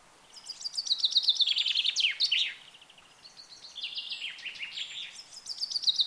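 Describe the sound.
Bird song: two quick phrases of high, rapid chirping notes that slide downward at the end, one after the other.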